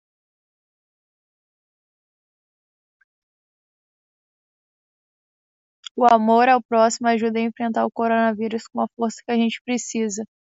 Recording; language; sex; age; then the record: spoken sentence; Brazilian Portuguese; female; 20 to 29 years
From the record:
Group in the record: control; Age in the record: 27 years